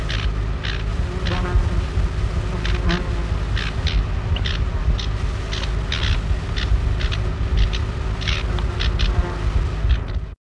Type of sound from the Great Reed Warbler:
call